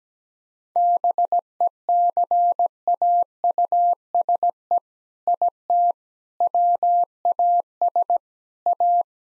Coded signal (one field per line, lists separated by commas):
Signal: Morse code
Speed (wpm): 17 wpm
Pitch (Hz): 700 Hz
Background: none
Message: BECAUSE IT WAS A